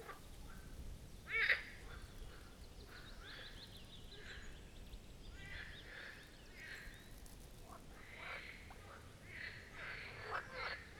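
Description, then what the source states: Marsh frogs calling, one loud pulsed croak early, then many softer overlapping croaks, with steady hiss. Chorus of marsh frogs at the Birkensee, Schönbuch, Germany, on one of the first proper hot summer days of 2023.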